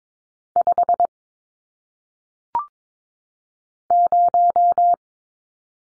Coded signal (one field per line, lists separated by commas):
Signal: Morse code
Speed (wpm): 22 wpm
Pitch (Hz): 700 Hz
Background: none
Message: 5 0